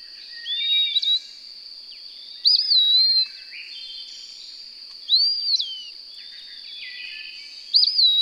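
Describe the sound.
Bird whistling four slurred song phrases, each climbing quickly then easing downward, spaced roughly two and a half seconds apart over a persistent high-pitched hum.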